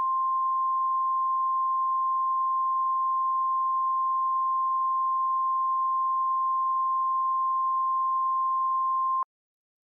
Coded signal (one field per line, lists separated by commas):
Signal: Emergency Alert System (SAME) tones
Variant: 1050 Hz attention tone